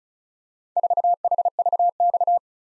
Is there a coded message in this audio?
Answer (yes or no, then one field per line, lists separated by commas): yes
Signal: Morse code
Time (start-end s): 0.8-2.4 s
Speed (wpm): 36 wpm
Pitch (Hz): 700 Hz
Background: none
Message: 4HVX